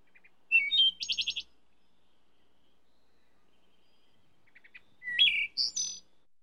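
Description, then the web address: Wood thrush song in two phrases several seconds apart, each with quiet lead-in notes, clear fluted tones and a rapid high buzzy trill. "bird wood trush song"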